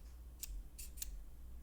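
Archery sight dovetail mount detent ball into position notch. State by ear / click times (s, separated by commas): seated / 0.4 s, 1.0 s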